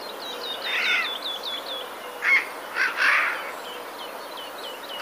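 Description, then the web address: Eurasian jay uttering short harsh rasping screeches in the middle, against a steady series of thin, high, down-slurred chirps from small birds. Recorded 7 April 2019. "wroblowe ostrzegator sojka 07 04 2019"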